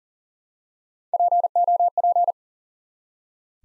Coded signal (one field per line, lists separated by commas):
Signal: Morse code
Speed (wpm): 41 wpm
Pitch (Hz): 700 Hz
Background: none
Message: POP